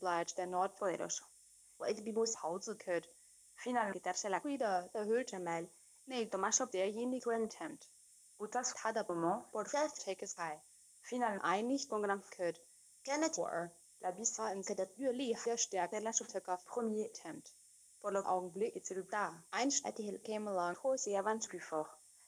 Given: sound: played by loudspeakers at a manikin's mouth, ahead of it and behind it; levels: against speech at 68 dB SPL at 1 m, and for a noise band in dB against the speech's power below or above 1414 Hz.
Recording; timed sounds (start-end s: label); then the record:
test signals for a remote microphone
0.00-22.28 s: speech test signal (ISTS)
From the record:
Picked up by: remote microphone D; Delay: 24 ms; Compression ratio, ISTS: 1.24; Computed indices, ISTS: SII 0.997, HASPI 0.990, HASQI 0.385 (non-linear 0.446, linear 0.863), ESTOI 0.888